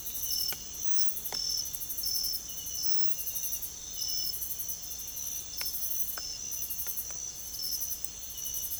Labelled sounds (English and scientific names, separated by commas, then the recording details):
none
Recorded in secondary vegetation near Puerto Asís, Putumayo, Colombia, on 16 December 2024 at 05:30
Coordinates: 0.468, -76.324
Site G095